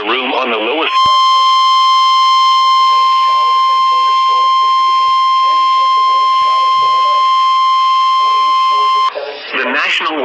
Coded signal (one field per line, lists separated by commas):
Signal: Emergency Alert System (SAME) tones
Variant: 1050 Hz attention tone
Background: speech